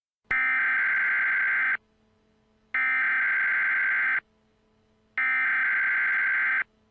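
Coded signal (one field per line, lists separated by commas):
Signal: Emergency Alert System (SAME) tones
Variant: header bursts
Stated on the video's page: A fictional EAS scenario; the tones may be loud.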